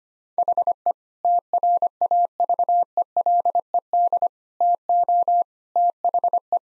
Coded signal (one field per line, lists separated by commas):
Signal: Morse code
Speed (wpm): 25 wpm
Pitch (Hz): 700 Hz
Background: none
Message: HE TRAVELED TO THE